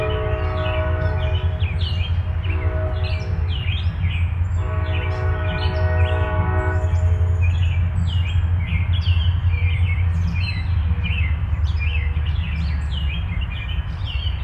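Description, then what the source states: Birds chirping, a busy stream of short bright notes throughout, while a train horn sounds twice in long sustained tones over a heavy low rumble. Birds heard along with a distant train.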